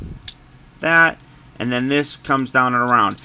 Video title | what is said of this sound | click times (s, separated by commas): TRANSFORMERS Legacy Deluxe Class WILDRIDER Video Review | and pop that away from | 0.3 s